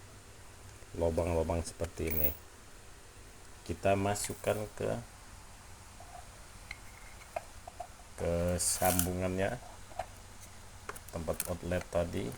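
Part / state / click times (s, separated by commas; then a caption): plastic hose coupling into the canister filter outlet / not seated / none. A plastic hose coupling is inserted into and lined up with the outlet fitting of a Xiaoli SunSun XBL-600 aquarium canister filter, while someone talks. A few short, faint taps and scrapes of handling are heard between the speech, but nothing has seated or clicked yet, as the connector is only pressed home later.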